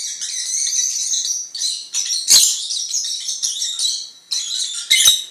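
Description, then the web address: Lovebirds singing a continuous high, buzzy warble of squeaks and twitters, broken by a few sharper clicks and brief dips. Several lovebirds (Agapornis) singing. "penie popugajchikov nerazluchnikov. parrots agapornis"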